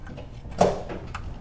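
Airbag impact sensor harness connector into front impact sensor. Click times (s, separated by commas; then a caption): 0.6 s. A wiring harness connector for the airbag is pushed onto the front impact sensor of a Chevy Cruze or Sonic. A sharp click at 0.6 s, the loudest hit in the clip, is the plastic latch snapping home, followed by a softer tick near 1.2 s. The connector is fully seated.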